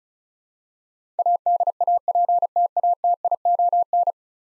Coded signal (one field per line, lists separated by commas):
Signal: Morse code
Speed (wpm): 36 wpm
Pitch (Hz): 700 Hz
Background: none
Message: ADAPTATION